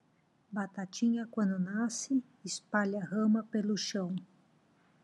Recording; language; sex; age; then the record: short text; Brazilian Portuguese; female; 50 to 59 years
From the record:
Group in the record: control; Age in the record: 56 years